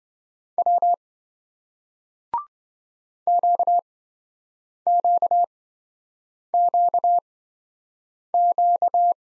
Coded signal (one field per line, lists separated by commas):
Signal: Morse code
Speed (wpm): 27 wpm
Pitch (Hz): 700 Hz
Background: none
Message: W QQQQ